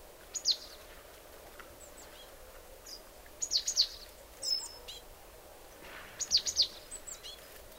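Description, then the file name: Marsh tit calls: sharp, high, downward-slurred notes in short groups, four bursts over about eight seconds, above a steady low background hum. "Poecile palustris"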